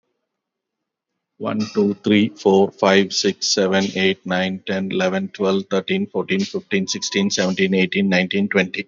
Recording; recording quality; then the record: counting at a normal pace; excellent, no background noise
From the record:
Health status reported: COVID-19 positive, mild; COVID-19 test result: positive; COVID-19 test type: RT-PCR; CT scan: taken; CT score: 22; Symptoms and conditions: cough, cold, sore throat, fever, fatigue, muscle pain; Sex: male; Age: 45 years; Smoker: no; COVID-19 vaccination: both doses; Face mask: worn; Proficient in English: yes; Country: India